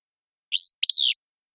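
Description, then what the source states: Willow flycatcher giving its burry two-note song, a short rough syllable then a longer buzzy note, with nothing else audible. Song a buzzy, sharp, staccato 'fitz-pew'; innate rather than learned from parents.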